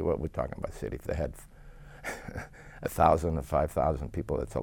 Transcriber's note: he laughs